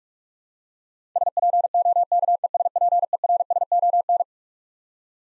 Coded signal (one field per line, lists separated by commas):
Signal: Morse code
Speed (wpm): 46 wpm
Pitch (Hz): 700 Hz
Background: none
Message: SPOKESPERSON